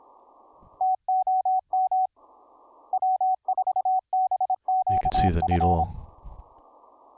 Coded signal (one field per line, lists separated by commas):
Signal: Morse code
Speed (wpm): 26 wpm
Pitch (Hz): 750 Hz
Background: speech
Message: TOM W4BQF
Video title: Remote control of a HAM RADIO RIG - a Linux Laptop connecting to a Raspberry PI Rig Interface